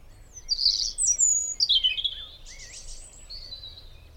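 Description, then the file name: European robin singing a short run of high, sweet, jumbled notes with thin whistles and a brief trill before trailing off. "Erithacus rubecula"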